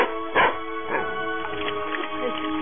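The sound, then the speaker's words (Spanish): A dog barks several times at irregular intervals, short mid-pitched yaps over a steady muffled background, with a couple of higher whiny yips mixed in. “No te has ido, maldito perro.”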